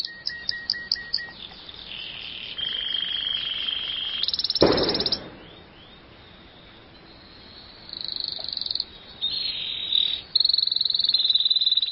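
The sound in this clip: Canary singing in bursts: quick repeated chips, long rolled trills and sustained high tones, broken by a short pause in the middle.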